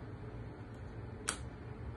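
A disposable Trulicity injector pen rests against the skin of the abdomen with its button pressed, over a steady low background hum. A single sharp, bright click sounds at 1.3 s: the pen's second click, showing the dose was fully given.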